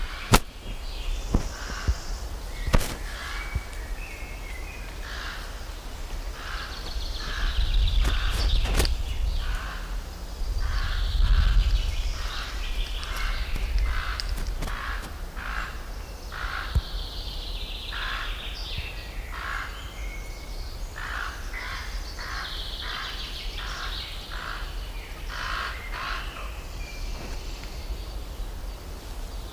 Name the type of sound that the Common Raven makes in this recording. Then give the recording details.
flight call. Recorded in the wild. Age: adult. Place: Briesetal, Brandenburg, DE. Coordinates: 52.6833, 13.2667. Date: 1997-05-17 17:54. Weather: sunny, 25°C. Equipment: Sony MD-WM MZ-R3, Sennheiser MKH 416 T, Kopie Uher 4000 Report Monitor. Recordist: Tembrock, Günter